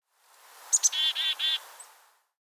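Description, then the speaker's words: Black-capped Chickadee giving its call: two high, sharp notes followed by three buzzy dee notes of even length. Winter, western Montana's Swan Valley, wild conifer forest; call lacks the raspiness of Mountain Chickadee; bird in a mixed winter flock during a bird count. "Black-capped chickadees give the familiar chickadee-dee-dee call without the raspiness of the mountain chickadees."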